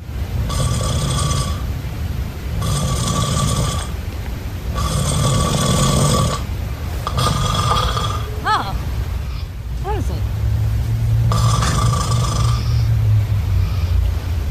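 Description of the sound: Why would I be snoring all of a sudden? Maybe there's some allergies going on. I don't know, but I've never snored in my life and this has never been a problem. It's so loud you wake me up. Here is a man snoring. Breathe really fast, too. That sounds like because I sleep with my mouth open, so maybe that's why it sounds so loud.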